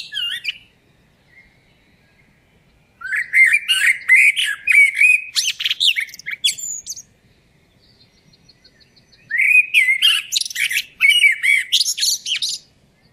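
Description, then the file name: Eurasian blackbird song with long pauses between phrases; each phrase pairs low, mellow whistled notes with a burst of thin, high-pitched squeaky chatter. "Turdus merula"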